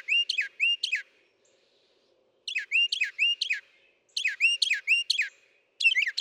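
Northern mockingbird song, a phrase repeated rapidly three or four times in separated bursts, sharp high notes with clear gaps between groups.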